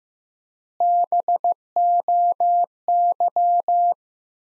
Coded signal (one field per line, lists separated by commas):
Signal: Morse code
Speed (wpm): 15 wpm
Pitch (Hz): 700 Hz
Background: none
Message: BOY